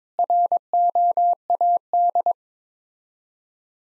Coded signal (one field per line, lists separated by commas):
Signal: Morse code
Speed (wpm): 21 wpm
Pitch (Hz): 700 Hz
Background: none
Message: ROAD